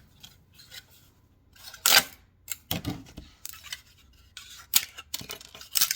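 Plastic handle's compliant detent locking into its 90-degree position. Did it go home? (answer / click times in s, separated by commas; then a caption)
yes / 1.9 s, 4.8 s. A freshly 3D-printed, print-in-place plastic chicken coop door handle is rotated until its compliant detent locks it at 90 degrees, so the door can be pulled closed and locked with one hand. Sharp plastic snaps are heard at 1.9 s and 4.8 s as the detent seats, with softer handling rattles and quick clicks near the end. The handle locks into position as intended.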